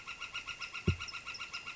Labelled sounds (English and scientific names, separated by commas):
Northern Flicker (Colaptes auratus)